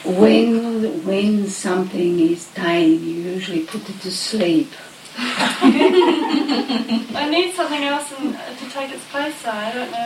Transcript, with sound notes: When, when something is dying you usually put it to sleep. (Much laughter) I need something else to take its place though, I don't know.